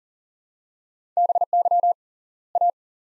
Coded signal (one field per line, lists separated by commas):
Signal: Morse code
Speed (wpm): 40 wpm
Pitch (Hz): 700 Hz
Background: none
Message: BY A